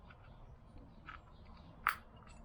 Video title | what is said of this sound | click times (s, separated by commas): Vespa GS working through issues PT1 | you actually hear it click don't you so put the lid back on there | 1.9 s